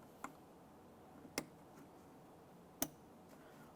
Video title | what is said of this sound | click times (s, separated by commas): How to Replace Mirrors 2014-2018 Mazda 3 | Listen for an audible click and a light tug. | 1.4 s, 2.8 s